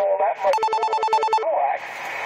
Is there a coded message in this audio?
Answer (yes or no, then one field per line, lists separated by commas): no